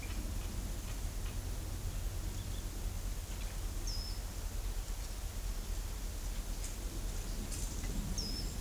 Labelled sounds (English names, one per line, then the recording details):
Ochre-lored Flatbill
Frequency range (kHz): Ochre-lored Flatbill 3.4-7.2 kHz
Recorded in shrubland near Pivijay, Magdalena, Colombia, on 1 June 2023 at 13:00
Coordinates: 10.453, -74.365
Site P5-G022